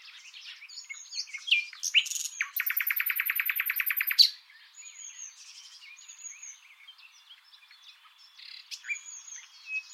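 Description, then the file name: Common nightingale song with a loud, fast, rattling trill in the middle, framed by softer chirps and faint thin whistles. "Luscinia megarhynchos"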